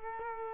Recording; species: mosquito wingbeat signal from an infrared sensor; Culex quinquefasciatus